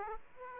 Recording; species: mosquito wingbeat signal from an infrared sensor; Aedes aegypti